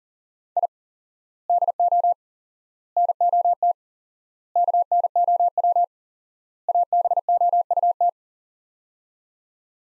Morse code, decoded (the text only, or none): I DO NOT KNOW ABOUT